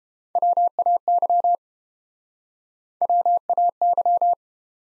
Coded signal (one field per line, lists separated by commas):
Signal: Morse code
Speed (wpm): 30 wpm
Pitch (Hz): 700 Hz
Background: none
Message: WAY WAY